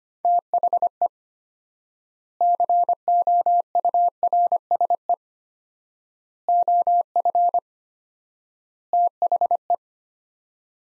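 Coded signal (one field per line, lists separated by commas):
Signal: Morse code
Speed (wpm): 25 wpm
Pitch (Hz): 700 Hz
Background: none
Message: THE COURSE OF THE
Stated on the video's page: Morse practice drill of sets of four words at 25 wpm with 4x word spacing, a Farnsworth-like method.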